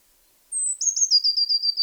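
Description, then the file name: Eurasian blue tit sounding a thin, high introductory note followed by a quick, even trill of repeated notes running steadily to the end. "Cyanistes caeruleus"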